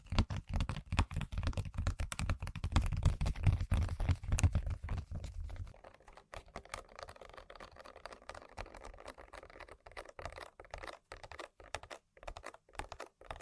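Rapid tapping and scratching on random objects, a dense run of quick clicks like typing, backed by a heavy low rumble for the first six seconds. After that the low end drops away and the taps continue lighter and sparser, with short gaps near the end.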